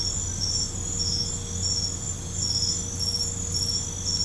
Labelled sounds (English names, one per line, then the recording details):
none
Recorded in pastures near Puerto Asís, Putumayo, Colombia, on 15 December 2024 at 23:00
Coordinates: 0.505, -76.324
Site G063